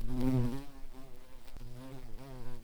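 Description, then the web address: Garden bumblebee queen buzzing with a low, steady hum that swells briefly at the start and wavers slightly throughout. "bumblebees Hortorum-queens"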